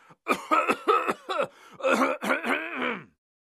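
A middle-aged man gives about seven quick, voiced, throaty coughs run together over three seconds, each with a gruff, falling tone close to throat clearing. It is a plain cough fit, a sound effect, in a quiet room.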